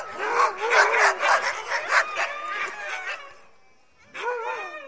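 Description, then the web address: Husky: huskies barking and whining rapidly in a dense chorus, fading after three seconds, then a sudden new burst of whining yelps. A pack of several dogs barking together. "suono branco di cani che abbaia husky"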